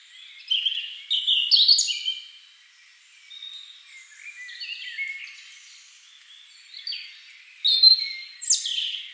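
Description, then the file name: European robin song: short phrases of high, thin, slurred notes and brief trills, separated by quieter pauses, with a bright phrase at the end. "Erithacus rubecula"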